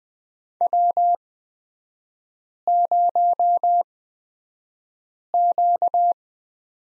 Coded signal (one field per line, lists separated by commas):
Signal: Morse code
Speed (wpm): 20 wpm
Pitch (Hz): 700 Hz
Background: none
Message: W0Q